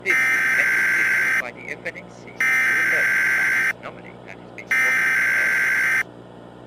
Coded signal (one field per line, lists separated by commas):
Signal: Emergency Alert System (SAME) tones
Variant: header bursts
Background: speech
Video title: EAS_alert.mp4_Experiment-001_containment_breach